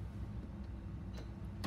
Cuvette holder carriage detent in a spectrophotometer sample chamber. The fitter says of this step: pull it gently until you hear a click this means cumin 2 is in position